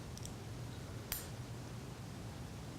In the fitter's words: notify that click and by the fact that the cylinder will no longer rotate the